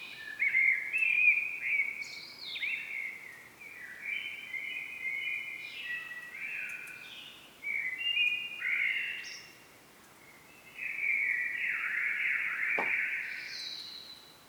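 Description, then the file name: Common blackbird song: a continuous run of varied fluty, warbling notes with sliding pitch and higher twittered accents, pausing briefly near ten seconds before resuming. "Turdus merula"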